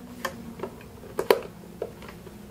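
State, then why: Not seated. A plastic mirror cap is handled against the door mirror housing of a Ford Fiesta Mk7 ST, producing a few small plastic ticks and taps, the sharpest near 1.3 s. Nothing has seated or clicked yet, and the cap is not yet locked in.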